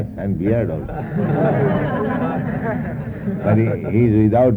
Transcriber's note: laughter